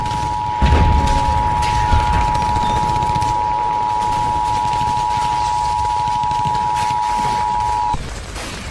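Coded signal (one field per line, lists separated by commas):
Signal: Emergency Alert System (SAME) tones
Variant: 853 and 960 Hz attention tone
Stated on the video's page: Fictional EAS scenario with text-to-speech voice.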